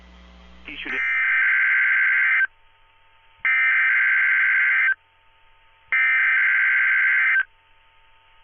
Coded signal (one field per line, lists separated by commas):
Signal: Emergency Alert System (SAME) tones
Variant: header bursts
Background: speech